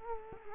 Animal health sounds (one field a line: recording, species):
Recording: mosquito wingbeat signal from an infrared sensor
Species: Culex quinquefasciatus